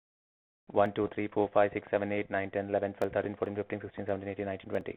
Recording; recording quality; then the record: counting at a fast pace; excellent, no background noise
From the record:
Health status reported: healthy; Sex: male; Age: 32 years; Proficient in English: yes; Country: India